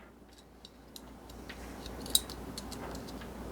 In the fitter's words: And once you get it popped in there, you're good.